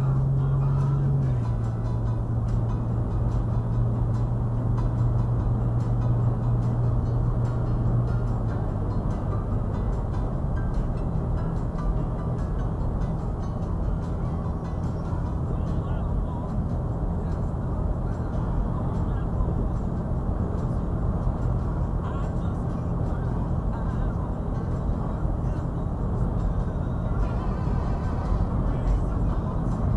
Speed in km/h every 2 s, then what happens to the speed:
79, 84, 87, 90, 92, 92, 92, 93, 93, 95, 95, 97, 95, 95, 93.
0-8 speeds up to 92. 8-30 steady at about 93.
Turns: none.